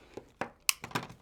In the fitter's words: And do you hear that click? I click my cutter closed